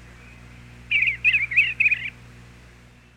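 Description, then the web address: Eastern bluebird singing one phrase of about four quick, gurgling, slightly burry warbled notes lasting roughly a second, over a low background hum. "101 Bird Songs. Eastern Bluebird"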